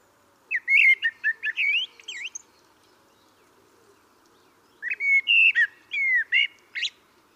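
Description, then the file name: Common blackbird singing two busy phrases of fluted whistles and sharp high twitters, a pause of over two seconds between them. "Turdus merula"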